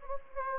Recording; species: mosquito wingbeat signal from an infrared sensor; Anopheles gambiae